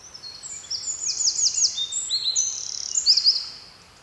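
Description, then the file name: Eurasian wren song: energetic high-pitched warbling with quick rattling trills early on and another short burst near the end before stopping. "Troglodytes troglodytes"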